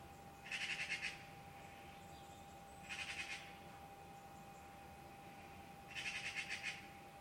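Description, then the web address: Bird giving three buzzy, rattling chatters of rapid pulses, each under a second, spaced a few seconds apart, over a steady hum. "Deverinetal 2025. Bird Only"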